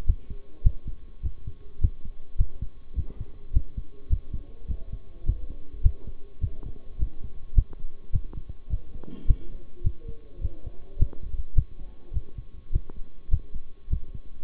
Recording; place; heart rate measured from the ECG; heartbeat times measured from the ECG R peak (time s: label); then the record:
heart sounds by stethoscope; between the tricuspid and mitral areas; 104 bpm
0.06 s: heartbeat
0.64 s: heartbeat
1.23 s: heartbeat
1.81 s: heartbeat
2.38 s: heartbeat
2.96 s: heartbeat
3.53 s: heartbeat
4.10 s: heartbeat
4.68 s: heartbeat
5.26 s: heartbeat
5.83 s: heartbeat
6.41 s: heartbeat
6.99 s: heartbeat
7.55 s: heartbeat
8.12 s: heartbeat
8.70 s: heartbeat
9.27 s: heartbeat
9.84 s: heartbeat
10.41 s: heartbeat
10.99 s: heartbeat
11.55 s: heartbeat
12.13 s: heartbeat
12.72 s: heartbeat
13.31 s: heartbeat
13.90 s: heartbeat
From the record:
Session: bicycle stress test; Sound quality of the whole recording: good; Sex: male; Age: 23 years